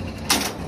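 The gate latch on the work basket of a bridge-inspection truck is closed after someone climbs into the basket. A sharp metallic hit sounds at 0.3 s against a low background hum, and the latch locks.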